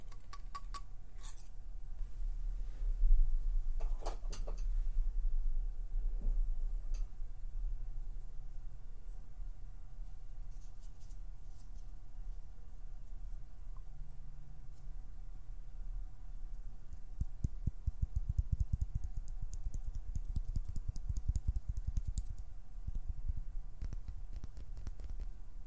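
Plucking and pinching sounds, with finger fluttering, come as sparse sharp clicks and short bright snaps over a low steady hum. A cluster of snaps lands around four seconds, and denser rapid fluttering taps crowd the stretch from about eighteen to twenty-two seconds.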